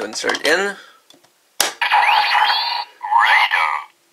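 A plastic radar switch is inserted into the driver slot of a toy transformation belt. Someone talks, then a loud, sharp click at 1.6 s marks the switch seating, and the belt plays its electronic sound effects.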